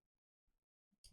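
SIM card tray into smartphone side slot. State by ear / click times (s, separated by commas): seated / 1.0 s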